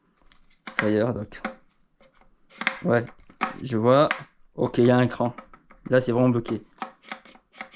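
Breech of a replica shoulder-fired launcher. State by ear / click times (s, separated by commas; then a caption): not seated / none. A VFC US SOCOM M4 MAAWS (Carl Gustav) airsoft replica recoilless launcher is being handled, a dummy round loaded and its plastic/metal breech swung shut, while someone talks throughout. Sharp handling knocks are heard, including at 0.3, 0.7, 2.6 and 2.7 s and again near the end at 6.8, 7.1, 7.6 and 7.8 s. The breech has not locked yet and nothing has seated or clicked.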